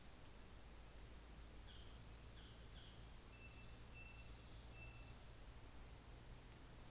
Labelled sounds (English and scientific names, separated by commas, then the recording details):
North Island Saddleback (Philesturnus rufusater)
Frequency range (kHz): North Island Saddleback (Philesturnus rufusater) 1.2-4.6 kHz
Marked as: faintness 3/5, faintness 4/5
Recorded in New Zealand on 24 December 2018
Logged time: 14:50